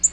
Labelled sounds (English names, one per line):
Black-throated Green Warbler flight call